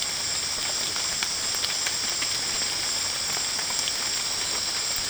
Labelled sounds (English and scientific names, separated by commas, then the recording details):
none
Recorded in dense forest near Puerto Asís, Putumayo, Colombia, on 24 June 2025 at 18:30
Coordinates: 0.499, -76.324
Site G100